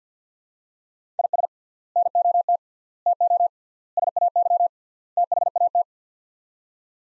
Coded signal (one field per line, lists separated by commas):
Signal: Morse code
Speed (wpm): 50 wpm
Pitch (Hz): 700 Hz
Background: none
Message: IS NOT TO SAY THAT